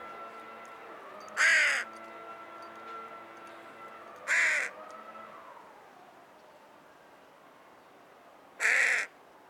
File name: Corvus corone - Carrion Crow